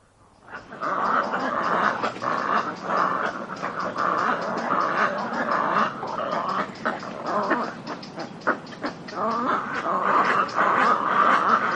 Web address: little egret